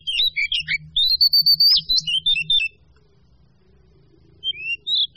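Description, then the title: Small birds chirping rapidly, high twittering notes and short rising whistles in a busy burst, then a pause before a few more chirps, with a low rumble underneath. "manuk campur"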